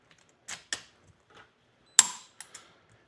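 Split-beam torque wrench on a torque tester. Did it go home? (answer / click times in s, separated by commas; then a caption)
yes / 0.7 s, 2.0 s. A split-beam torque wrench is pulled on a torque tester until it breaks over at its setting. It gives a sharp click at 0.7 s and a louder click at 2.0 s, with softer ticks and rattles around them. The tester reads 74.7 and 76.5.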